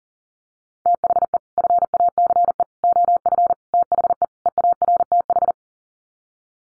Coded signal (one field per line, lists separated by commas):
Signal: Morse code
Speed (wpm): 37 wpm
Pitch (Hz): 700 Hz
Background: none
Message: THE FACE OF THE EARTH